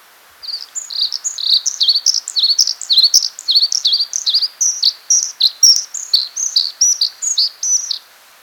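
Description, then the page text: Blue-capped redstart singing a fast, continuous run of high, sharp chirping notes that jump up and down, lasting about eight seconds with no other sounds. "Blue-Capped Redstart Song. Quick Sounds"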